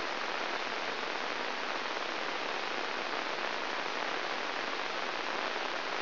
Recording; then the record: brain microelectrode recording played as sound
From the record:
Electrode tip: inside the subthalamic nucleus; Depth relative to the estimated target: 0 mm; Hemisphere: left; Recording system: AlphaMap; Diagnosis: Parkinson's disease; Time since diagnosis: 12 years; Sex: female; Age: 56 years